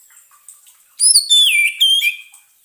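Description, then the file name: Orange-headed thrush song: a short burst of clear, high whistled notes that slide downward, lasting about a second and a half. Lure sound played so the bird does not get stressed. "suara pancingan burung anis merah agar tidak stress"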